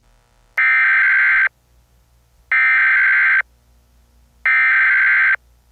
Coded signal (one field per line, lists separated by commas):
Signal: Emergency Alert System (SAME) tones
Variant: header bursts